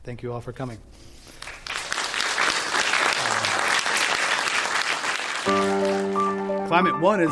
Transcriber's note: applause